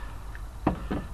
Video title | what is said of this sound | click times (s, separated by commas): COMMENT FAIRE UNE VIDANGE + CHANGEMENT DE TOUS LES FILTRES SUR CITROEN C3 1L4 HDI (GUIDE COMPLET) ? | aussi bien enclenchée dans les trous là bas et | 0.7 s